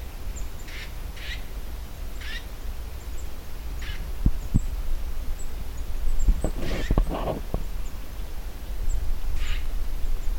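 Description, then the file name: Eurasian nuthatch giving short, harsh, buzzy call notes at irregular intervals, about six in all, with low knocking thumps midway through. "Sitta europaea"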